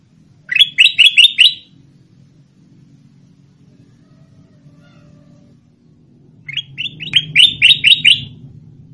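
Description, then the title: Sooty-headed bulbul song: two bursts of four to six rapid whistled notes, about six seconds apart, with a low rumbling hum between them. "Suara Burung Kutilang"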